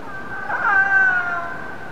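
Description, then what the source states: Orca call: one sustained harmonic tone that swells in the middle and eases slightly downward, over steady underwater hiss. Transient orca.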